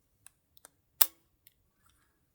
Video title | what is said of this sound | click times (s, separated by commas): The Lenovo Legion Go is Awesome! | It's a nice satisfying click. | 1.0 s